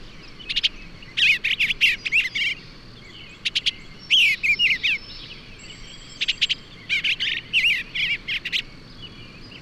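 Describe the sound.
Bird song of crisp clicks and tumbling whistled notes, phrases coming in bursts with brief gaps throughout.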